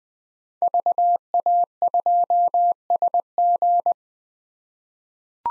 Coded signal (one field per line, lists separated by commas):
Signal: Morse code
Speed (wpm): 20 wpm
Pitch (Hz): 700 Hz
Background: none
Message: VA2SG